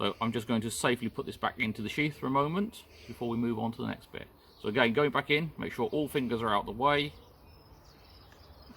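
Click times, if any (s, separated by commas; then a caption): none. Someone talks while a knife blade is guided back into its sheath, with fingers kept out of the way, to line it up before it is pushed home. After about 7 seconds the talking stops and only a quiet, steady background noise remains. The knife has not clicked into the sheath yet.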